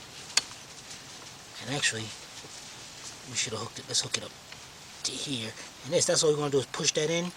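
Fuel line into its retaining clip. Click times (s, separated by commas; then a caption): 0.4 s. During a valve cover gasket replacement on a Trailblazer, Ascender, Ranier, Bravada or Envoy, a fuel line is pressed into its retaining clip. One sharp pop at 0.4 s marks the fitting seating in place, and then someone talks.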